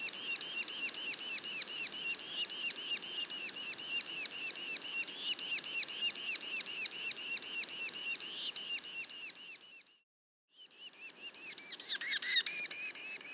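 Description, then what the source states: Yellow-bellied sapsucker calls: a quick run of squeaky nasal notes, about four per second, breaking off briefly, then resuming with a louder burst of chatter. Juveniles, Mont-Orford National Park, Quebec.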